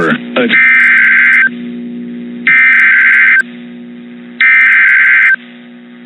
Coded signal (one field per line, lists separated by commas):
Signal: Emergency Alert System (SAME) tones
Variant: header bursts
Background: speech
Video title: THE MADNESS OF STORMS... (Part 2) || EAS Alerts from March & April (EAS #75 - #93)